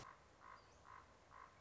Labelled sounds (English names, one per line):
Common Raven